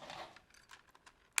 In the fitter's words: they just click in one on each blade arm and once they're in